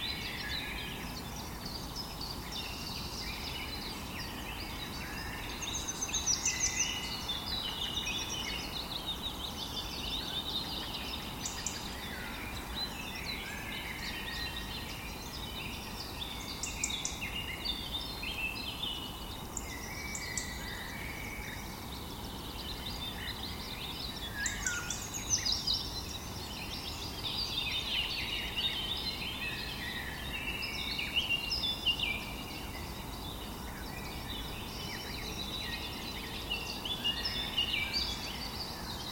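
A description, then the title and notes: Birds chirp and sing almost continuously, a dense layer of bright, overlapping calls from several birds at moderate distance. The song swells a little around six, seventeen and twenty-five seconds, while a steady low outdoor hiss runs underneath throughout. 3 Hour bird sounds Relaxation - Nature sounds music for Meditation - Birds chirping, birds singing.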